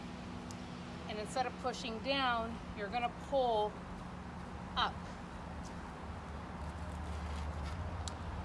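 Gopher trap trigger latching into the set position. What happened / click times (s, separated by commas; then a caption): The metal trap trigger latched into its set position with a click / 8.1 s. A gopher trap's metal trigger or jaw mechanism is pulled up, not pushed down, until it latches in the set position. Someone talks over a steady low hum. A sharp click at 8.1 s confirms the trap is set.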